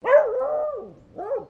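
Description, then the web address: Beagle barking: a long, drawn-out baying bark that wavers then fades, followed by a shorter second bark. Female beagle barking. "Sound Effects-Foundation 1 ANIMAL DOG BEAGLE FEMALE BARK"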